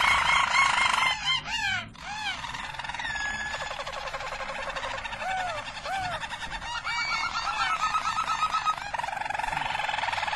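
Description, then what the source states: Harz Roller canary song mixing sharp swooping whistles with steady buzzy rolls and a few arched notes, sung without pause. Belgian Harz Roller canary.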